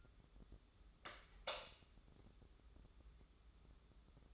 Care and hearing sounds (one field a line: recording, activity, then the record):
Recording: daily activity, microphone in the room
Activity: light on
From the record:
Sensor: 3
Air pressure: 995.3 hPa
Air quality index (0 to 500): 83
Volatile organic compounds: 7 ppm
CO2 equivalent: 1992 ppm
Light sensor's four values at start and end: 9/22/9/9 and 12/31/13/12